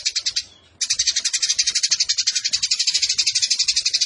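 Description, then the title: Eurasian tree sparrow chattering song: a quick opening burst of shrill chirps, a short pause, then a long, steady torrent of rapid high notes. Fighting-mode chatter with long rapid bursts and a clear voice, used as a tutor recording for training competition songbirds. "GEREJA TARUNG NEMBAK PANJANG SUARA JERNIH MASTERAN WAJIB BURUNG LOMBA"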